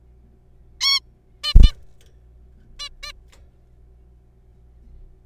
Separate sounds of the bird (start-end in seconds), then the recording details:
0.81-0.99, 1.44-1.53, 1.63-1.72, 2.79-2.89, 3.03-3.12. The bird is a juvenile. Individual R3428